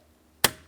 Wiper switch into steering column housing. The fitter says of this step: After that audible click from both of the locking tabs, a quick wiggle to confirm it's secured